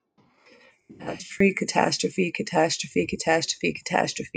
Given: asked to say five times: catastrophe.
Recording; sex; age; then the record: repeated word; female; 20 to 29 years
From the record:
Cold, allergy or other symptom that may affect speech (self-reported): no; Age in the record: 26 years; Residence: Idaho, United States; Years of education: 16